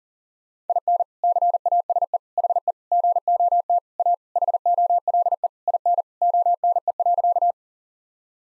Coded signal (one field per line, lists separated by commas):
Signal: Morse code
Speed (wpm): 40 wpm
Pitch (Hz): 700 Hz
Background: none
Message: IN CASE HE GOT A HOLE IN ONE.